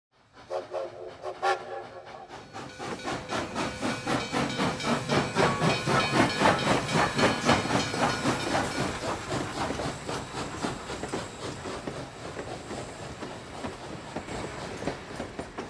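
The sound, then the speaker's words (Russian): A steam train rolls into Paris with a loud, continuous hiss of steam over rhythmic chuffing and clanking wheels, building quickly after a brief quieter start and holding steady. “Поезд уже въезжал в Париж.”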